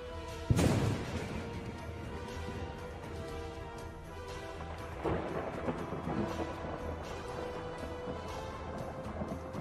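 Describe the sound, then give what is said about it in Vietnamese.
A sharp explosive crack of thunder bursts out in the sky, then a long low rumble rolls on, swelling again in a second heavy crash midway before slowly grumbling away. No voices. “Vài đạo thân ảnh bất ngờ gào thét từ trên bầu trời xa xăm lao qua, bên cạnh còn có thiên lôi cuồn cuộn.”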